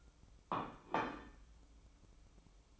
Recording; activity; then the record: daily activity, microphone in the room; place plate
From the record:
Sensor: 1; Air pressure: 1007.5 hPa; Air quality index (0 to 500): 79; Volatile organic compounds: 1 ppm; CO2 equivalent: 682 ppm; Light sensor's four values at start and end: 9/22/9/10 and 9/22/9/10